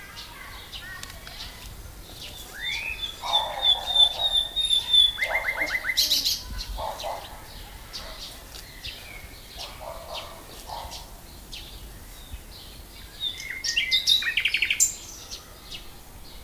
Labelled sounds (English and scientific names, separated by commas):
Common Nightingale (Luscinia megarhynchos) song